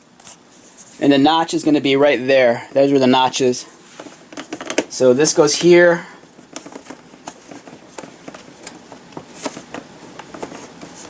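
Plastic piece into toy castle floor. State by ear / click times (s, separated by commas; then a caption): not seated / none. A plastic piece is handled and lined up with the notches on a toy castle floor while someone talks. Light plastic taps and knocks follow through the quieter second half. Nothing has snapped or seated yet.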